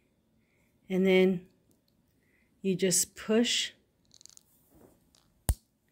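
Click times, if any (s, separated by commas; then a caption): 5.5 s. Someone talks while a plastic Dexcom G6 glucose monitor transmitter is hooked under the lip of the sensor pod on the skin and pushed down. A few faint small clicks come before one sharp, loud snap at 5.5 s as the transmitter seats into the sensor.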